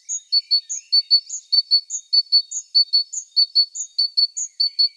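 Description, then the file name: Great tit repeating a high clear note followed by two lower, quicker notes, a brisk regular pattern kept up throughout. "Parus major"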